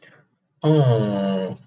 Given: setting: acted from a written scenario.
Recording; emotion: vocal sound without words; adoration